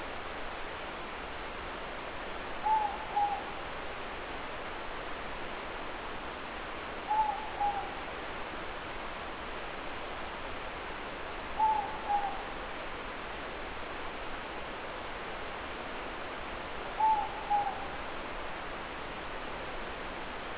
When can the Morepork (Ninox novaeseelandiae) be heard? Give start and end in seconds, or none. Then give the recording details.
2.55-3.48, 7.00-7.98, 11.47-12.43, 16.90-17.84. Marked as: faintness 3/5. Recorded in New Zealand. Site Eglinton